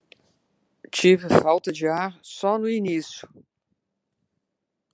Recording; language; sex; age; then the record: short text; Brazilian Portuguese; female; 70 to 79 years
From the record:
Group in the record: control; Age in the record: 71 years